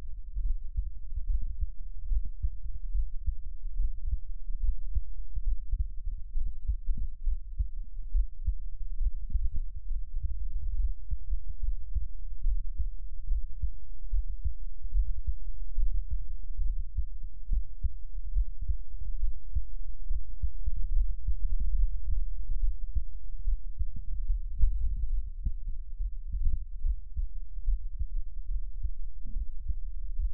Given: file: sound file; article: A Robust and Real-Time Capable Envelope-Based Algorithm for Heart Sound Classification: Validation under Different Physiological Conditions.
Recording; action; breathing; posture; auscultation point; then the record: heart sounds by electronic stethoscope; rest; normal; lying on right side; Erb’s point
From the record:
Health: healthy, no known heart disease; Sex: male